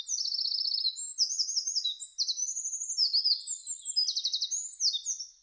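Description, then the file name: Eurasian wren song, a continuous loud outpouring of very high, fast trills and shrill notes, rattling phrases alternating with rapid twittering throughout. Recorded 5 June 2005. "050605 misosazai"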